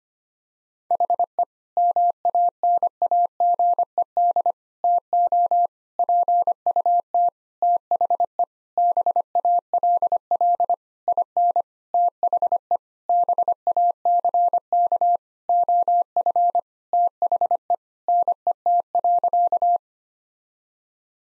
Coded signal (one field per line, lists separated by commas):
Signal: Morse code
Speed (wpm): 25 wpm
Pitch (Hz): 700 Hz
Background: none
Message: HE MANAGED TO PUT THE BALL IN THE BACK OF THE NET.